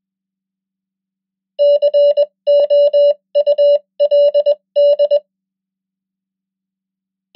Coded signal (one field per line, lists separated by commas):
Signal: Morse code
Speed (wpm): 20 wpm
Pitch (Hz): 580 Hz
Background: none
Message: COULD